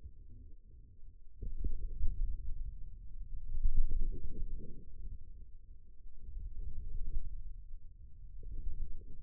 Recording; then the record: forearm muscle sounds (acoustic myography)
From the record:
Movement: ulnar deviation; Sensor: system 2, bracelet of six BSWA MPA416 microphones around the upper forearm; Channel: 3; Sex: male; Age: 22 years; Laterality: right